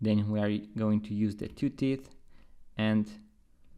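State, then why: Not seated. A spring bar holding a leather strap is being handled with a two-tooth tool near the lug hole of an Invicta Pro Diver 8926OB watch case while someone talks. Nothing has seated or clicked yet.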